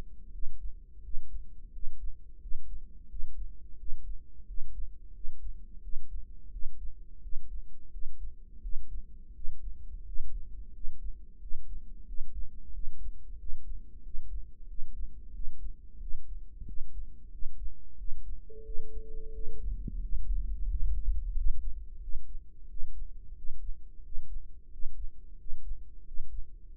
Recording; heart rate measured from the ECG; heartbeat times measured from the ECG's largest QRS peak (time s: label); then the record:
heart sounds by microphone in the right ear; 89 bpm
0.33 s: heartbeat
1.04 s: heartbeat
1.74 s: heartbeat
2.42 s: heartbeat
3.10 s: heartbeat
3.79 s: heartbeat
4.48 s: heartbeat
5.15 s: heartbeat
5.83 s: heartbeat
6.52 s: heartbeat
7.23 s: heartbeat
7.93 s: heartbeat
8.63 s: heartbeat
9.35 s: heartbeat
10.06 s: heartbeat
10.74 s: heartbeat
11.41 s: heartbeat
12.07 s: heartbeat
12.74 s: heartbeat
13.39 s: heartbeat
14.04 s: heartbeat
14.69 s: heartbeat
15.34 s: heartbeat
16.01 s: heartbeat
16.67 s: heartbeat
17.32 s: heartbeat
17.98 s: heartbeat
18.65 s: heartbeat
19.34 s: heartbeat
20.02 s: heartbeat
20.69 s: heartbeat
21.36 s: heartbeat
22.02 s: heartbeat
22.69 s: heartbeat
23.36 s: heartbeat
24.04 s: heartbeat
24.72 s: heartbeat
25.39 s: heartbeat
26.06 s: heartbeat
26.73 s: heartbeat
From the record:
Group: healthy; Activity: rest 0-17 s, breath hold 17-27 s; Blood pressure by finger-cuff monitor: 142/89 mmHg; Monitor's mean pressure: 106 mmHg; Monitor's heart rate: 88 bpm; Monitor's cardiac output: 7.2 L/min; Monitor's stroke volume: 82 mL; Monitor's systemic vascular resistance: 1090 dyn s/cm5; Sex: male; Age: 21 years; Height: 175 cm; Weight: 72.6 kg